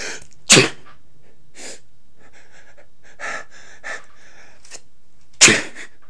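Two sharp, explosive adult sneezes about five seconds apart, each a sudden loud hissing burst that fades within a fraction of a second. Softer breathy sounds fall between them. These are ordinary sneezes.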